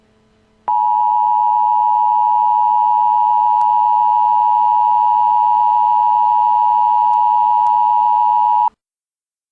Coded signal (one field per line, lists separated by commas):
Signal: Emergency Alert System (SAME) tones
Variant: 853 and 960 Hz attention tone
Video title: Emergency Alert System - Tornado Warning Omaha.